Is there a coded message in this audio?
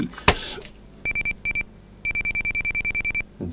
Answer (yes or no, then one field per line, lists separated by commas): no